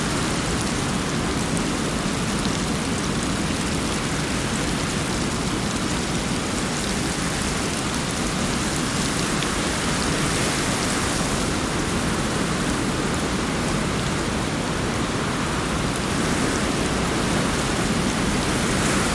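Steady rainfall fills the whole clip as a dense, even hiss of countless drops, with no pauses or swells. The sound is full, spread from a low rumble up to a bright crackle, and holds constant throughout.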